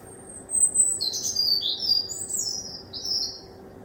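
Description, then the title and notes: Bird song with high thin notes and twittering, slurred phrases that rise and fall, louder from about half a second to the end, over a faint steady hum. Recorded at 1 am from a kitchen window. "Birdsong Recorded From My Kitchen Window At 1 Am by Speculativism"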